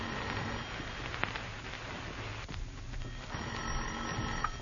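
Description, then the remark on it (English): A telephone bell rings in an office over a steady, hissy crackle of background noise, with no voices. The ringing is moderately loud and metallic, standing out only slightly from the noisy backdrop. “You pace the floor of your office, and finally the phone rings.”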